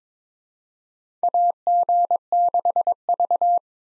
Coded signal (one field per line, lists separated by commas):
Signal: Morse code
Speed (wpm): 22 wpm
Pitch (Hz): 700 Hz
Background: none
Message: AG6V